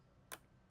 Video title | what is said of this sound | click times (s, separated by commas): Off Road Luxury? - MDC XT16HR Island Full Walkthrough | There's a click, so you can open it there. | 0.3 s